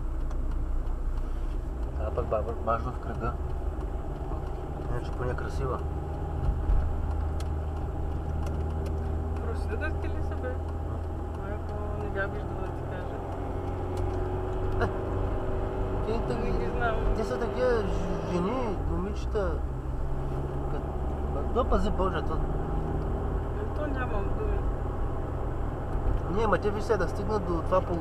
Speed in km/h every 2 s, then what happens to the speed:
30, 29, 31, 32, 33, 34, 37, 39, 41, 40, 45, 49, 51, 52.
0-28 speeds up to 52.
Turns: none.